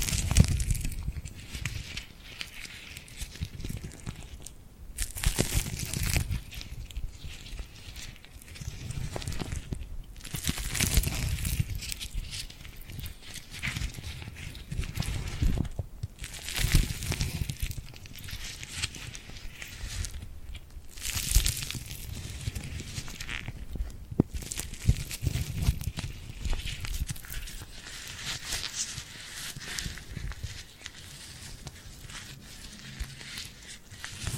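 Sticky glued hands press and peel apart in dense, irregular crackling bursts, with louder tearing swells around 5, 10, 16, 21 and 24 seconds.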